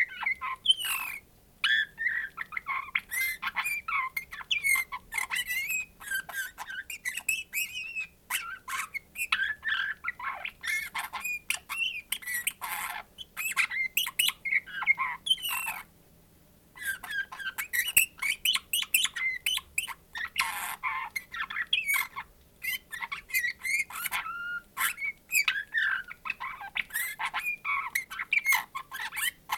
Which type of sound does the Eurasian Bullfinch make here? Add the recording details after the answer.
song. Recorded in captivity. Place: Bergen, Insel Rügen, Mecklenburg-Vorpommern, DE. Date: 1970-02-02. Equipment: Nagra III BH, Sennheiser MD 421. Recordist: Schubert, Michael